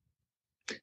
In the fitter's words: definitely durable on the outside as well and it has a secure locking mechanism so even though it's closed there's a little click um that ensures it's locked